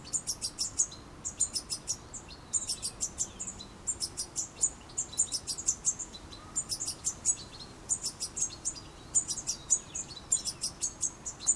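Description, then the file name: European goldfinch calls, sharp tinkling notes strung into fast twittering phrases that repeat throughout. "Carduelis carduelis"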